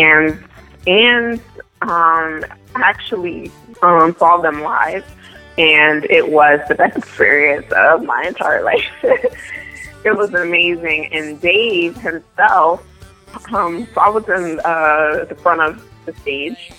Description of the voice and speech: We hear from a young woman with a stutter. She can rap and sing with no hint of her stutter.